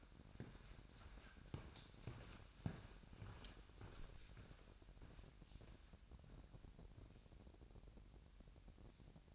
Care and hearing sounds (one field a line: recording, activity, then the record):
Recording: daily activity, microphone in the room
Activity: walk to room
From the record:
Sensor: 2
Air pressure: 1012.1 hPa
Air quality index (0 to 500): 159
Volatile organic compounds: 2 ppm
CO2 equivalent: 1144 ppm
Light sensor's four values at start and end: 79/188/77/75 and 81/194/79/77